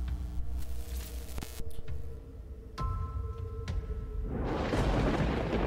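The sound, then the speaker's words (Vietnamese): A bolt of lightning strikes down from the sky with a few sharp, loud thunder cracks over a low rumbling bed, then a broad roaring burst that swells and lingers to the end. No one speaks. “Từ trên 9 tầng trời, một đợt lôi phạt trực tiếp đùng đùng bổ xuống.”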